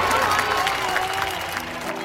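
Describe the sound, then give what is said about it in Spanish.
A concert crowd in Hermosillo in October 2009 applauding the families present: a dense, steady wash of many hands clapping, holding at an even, fairly loud level for about two seconds with no talking. “Un aplauso a los familiares que están aquí con nosotros.”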